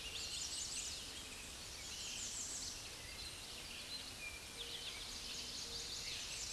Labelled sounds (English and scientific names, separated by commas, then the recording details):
American Redstart (Setophaga ruticilla) song
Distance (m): 25 m
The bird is about 5 m above the microphone
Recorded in a Pennsylvania forest on 16 May 2024 at 06:07
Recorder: AudioMoth, point MSD-0383
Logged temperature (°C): 15.3 °C
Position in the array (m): 105 m, 231 m